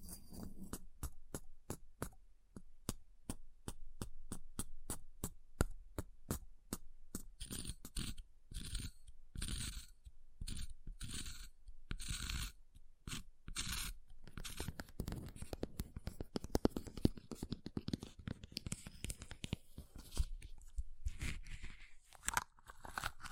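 Ice being tapped, scratched and carved, opening with a fast, regular run of sharp, bright taps that gradually slows and spaces out. After about fifteen seconds the taps give way to denser, rougher scraping and carving, with a few stronger hits near the end.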